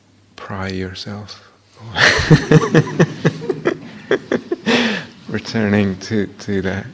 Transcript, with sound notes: pry yourself away... [laughter] Returning to the...